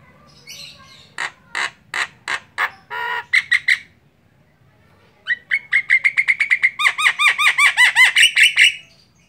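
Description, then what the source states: Javan myna singing: several loud harsh squawks, then after a short silence a rapid, steady series of metallic arched notes growing louder. Singing; the local term for the song style is ngoceh.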